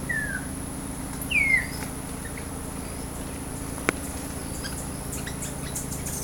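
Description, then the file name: Bird giving two brief falling whistles in quick succession, then quiet with a single sharp click and low steady hum. "SABIOD 50 bird 2015"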